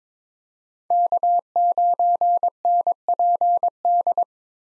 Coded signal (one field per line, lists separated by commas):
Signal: Morse code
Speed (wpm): 22 wpm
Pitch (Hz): 700 Hz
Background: none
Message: K9NPD